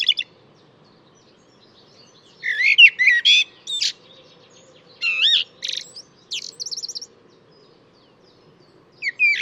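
Bird song: varied phrases mixing sharp chirps, wavering whistles and a quick repeated zigzag note, with silent gaps between phrases.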